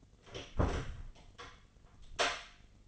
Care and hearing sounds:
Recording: daily activity, microphone in the room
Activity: close door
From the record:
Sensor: 4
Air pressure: 1016.1 hPa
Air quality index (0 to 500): 211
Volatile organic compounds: 13 ppm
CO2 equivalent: 2406 ppm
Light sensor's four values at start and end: 9/19/7/7 and 9/19/8/7

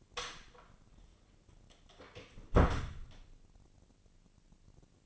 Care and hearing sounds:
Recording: daily activity, microphone in the room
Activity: close door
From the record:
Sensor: 4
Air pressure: 1013.4 hPa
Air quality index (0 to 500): 178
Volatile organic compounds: 2 ppm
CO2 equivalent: 1123 ppm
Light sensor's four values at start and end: 84/210/86/91 and 65/158/66/66

